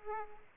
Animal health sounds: mosquito wingbeat signal from an infrared sensor; Aedes aegypti

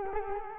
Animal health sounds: mosquito wingbeat signal from an infrared sensor; Culex quinquefasciatus

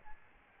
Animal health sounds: mosquito wingbeat signal from an infrared sensor; Aedes albopictus

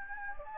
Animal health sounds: mosquito wingbeat signal from an infrared sensor; Anopheles gambiae

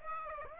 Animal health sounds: mosquito wingbeat signal from an infrared sensor; Aedes aegypti

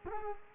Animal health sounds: mosquito wingbeat signal from an infrared sensor; Culex quinquefasciatus

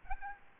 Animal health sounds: mosquito wingbeat signal from an infrared sensor; Aedes albopictus

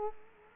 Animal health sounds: mosquito wingbeat signal from an infrared sensor; Culex quinquefasciatus

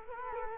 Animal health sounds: mosquito wingbeat signal from an infrared sensor; Culex quinquefasciatus

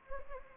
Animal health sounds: mosquito wingbeat signal from an infrared sensor; Anopheles arabiensis

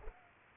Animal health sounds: mosquito wingbeat signal from an infrared sensor; Culex pipiens

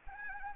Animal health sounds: mosquito wingbeat signal from an infrared sensor; Anopheles arabiensis

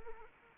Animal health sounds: mosquito wingbeat signal from an infrared sensor; Anopheles arabiensis

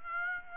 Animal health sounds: mosquito wingbeat signal from an infrared sensor; Aedes aegypti

